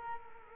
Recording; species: mosquito wingbeat signal from an infrared sensor; Culex quinquefasciatus